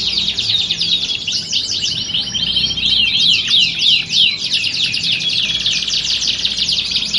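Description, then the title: Belgian canary delivering a continuous run of fast, high, slurred trills that cross and overlap, steady in volume with few breaks. Belgian canary song used to warm up birds and build their mental readiness for singing contest training. "Canto Para Esquentar Canário Belga. Simulasi Lomba Kenari. Suara Kenari Lomba. Melatih Mental Kenari Juara"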